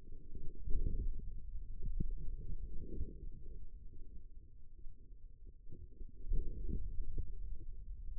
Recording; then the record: forearm muscle sounds (acoustic myography)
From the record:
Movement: pen grasping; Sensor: system 2, bracelet of six BSWA MPA416 microphones around the upper forearm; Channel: 3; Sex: female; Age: 25 years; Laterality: right